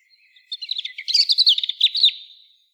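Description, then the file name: European robin song: one rapid, high warbling phrase of thin notes and trills, fading on a drawn-out thin whistle. "Erithacus rubecula"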